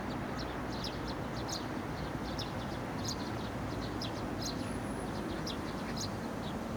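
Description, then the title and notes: Eurasian tree sparrow chirps, short high notes repeated throughout, over a steady roar of traffic. Yangjaecheon Stream, Yangjae-dong, Seocho-gu, Seoul, South Korea; summer during the monsoon season, with vehicles including a bus passing by. "대한민국 서울특별시 서초구 양재동 261-23-Yangjaecheon, Summer, Bus, Sparrow. Yangjaecheon Stream, Summer, Monsoon, Sparrow, vehicle passing by 양재천, 여름, 장마철, 참새"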